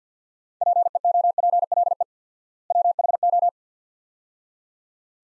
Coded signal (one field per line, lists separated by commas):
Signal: Morse code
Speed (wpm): 48 wpm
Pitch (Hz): 700 Hz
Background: none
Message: PEOPLE WHO